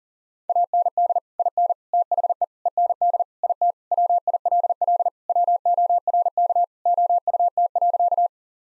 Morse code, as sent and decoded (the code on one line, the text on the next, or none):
.- -. -.. / .. -. / - .... . / . -. -.. / .. - / .-- .. .-.. .-.. / .-- --- .-. -.- / --- ..- - .-.-.-
AND IN THE END IT WILL WORK OUT.